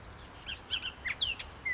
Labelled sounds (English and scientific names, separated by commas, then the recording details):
Bullock's Oriole (Icterus bullockii)
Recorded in Sonoma County, California